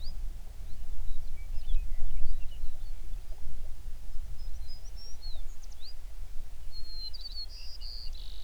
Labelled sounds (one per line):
songbird